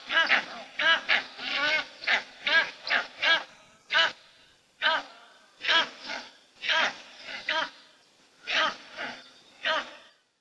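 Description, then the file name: Steppe eagle giving a series of hoarse, barking calls separated by short pauses. Recorded in Russia. "Pticy Rossii - Stepnoj oryol"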